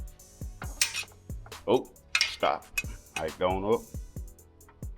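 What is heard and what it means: A spring-loaded steel safety pin on a lift jack raising a zero-turn mower snaps into the next slot hole to stop the jack from dropping. A sharp metallic click at 0.8 s confirms the pin has seated in the lock hole. Someone talks afterward while faint repeated ticks continue.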